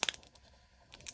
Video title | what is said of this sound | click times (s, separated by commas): Van Life Explosive Gas Detector Installation and testing | it snaps right in. | 0.0 s, 0.1 s